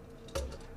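A plastic catch on the inner side of the arm of a transforming Optimus Prime robot toy is unclipped during the transformation. Two small plastic ticks sound at 0.3 s and 0.4 s, the second louder, over a quiet background. The arm clip comes unlatched and is released.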